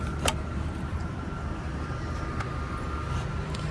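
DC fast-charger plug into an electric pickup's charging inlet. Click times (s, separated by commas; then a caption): 0.3 s. A DC fast-charger plug is pushed into the charging inlet of a Rivian R1T electric pickup after its DC flap is flipped down, against a steady low hum and a faint constant tone. A sharp click at 0.3 s marks the connector seating in the port, and a much fainter tick follows at 3.5 s.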